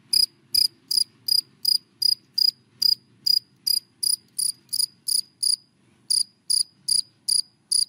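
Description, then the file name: Cricket chirps repeated quickly and evenly, high and sharp, over a soft low rumble, with a pause near the end. Crickets calling, given by the Vietnamese names dế mèn, dế cơm and dế than. "Tieng de men de com de than keu"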